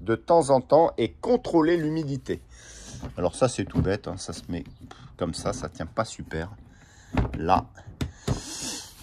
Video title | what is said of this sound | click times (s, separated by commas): COMPOST-JARDINAGE . Je vous dis tout sur le COMPOST !! PHOTOS ÉCLOSION 🐣 en fin de vidéo | Voilà, alors moi je vais, voyons voir, si c'est bon, ça se verrouille. | 8.0 s